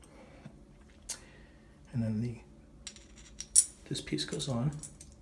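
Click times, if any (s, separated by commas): none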